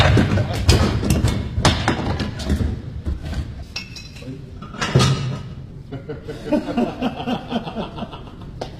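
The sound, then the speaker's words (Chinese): Secretary Schuss's wooden chair being smashed into a pile of small pieces of wood: a rapid, irregular series of loud cracking blows and thuds with splintering clatter, easing briefly midway before more strikes, with faint voices underneath. “这是舒斯秘书的椅子，我现在马上让它变成一堆小木头。”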